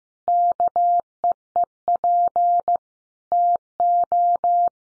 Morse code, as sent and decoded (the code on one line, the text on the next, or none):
-.- . . .--. / - ---
KEEP TO